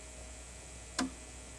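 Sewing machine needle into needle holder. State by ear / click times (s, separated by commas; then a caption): seated / 1.0 s. A finger presses a sewing-machine needle deeper into its magnetic holder. After a quiet stretch with a faint steady hum, a single short, sharp click sounds at 1.0 s as the needle seats in place.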